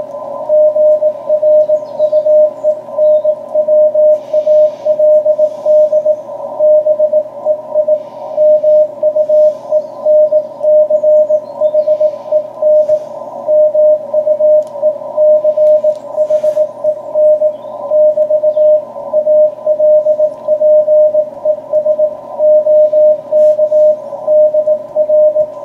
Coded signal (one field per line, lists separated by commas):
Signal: Morse code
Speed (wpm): 18 wpm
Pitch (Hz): 610 Hz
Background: radio noise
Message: GRUENWALD BEI MUENCHEN MUECHEN <BT> ALPES OK DR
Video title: CW QSO on 40m with DK6MV op Alfons